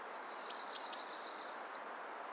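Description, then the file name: Eurasian blue tit song: one high thin note and two quick falling notes, then a brisk, even trill of bright repeated notes. "Cyanistes caeruleus"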